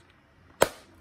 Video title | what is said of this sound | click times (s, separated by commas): Dirt Devil Vision Wide Glide 086700 (2004) Bagless Vacuum Cleaner - Overview and Demonstration | so that just clicks | 0.6 s